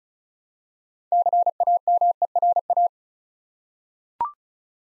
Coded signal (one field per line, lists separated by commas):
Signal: Morse code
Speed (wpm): 36 wpm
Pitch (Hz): 700 Hz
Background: none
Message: CAMERA